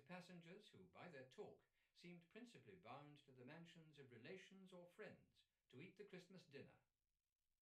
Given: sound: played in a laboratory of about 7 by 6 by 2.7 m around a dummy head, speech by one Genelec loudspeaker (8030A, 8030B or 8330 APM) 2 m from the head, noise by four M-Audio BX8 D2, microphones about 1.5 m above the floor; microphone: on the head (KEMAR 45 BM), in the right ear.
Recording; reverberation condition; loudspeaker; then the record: male speech in English; low; 30 degrees to the left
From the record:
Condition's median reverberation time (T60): about 310 ms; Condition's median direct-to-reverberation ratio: about 3.5 dB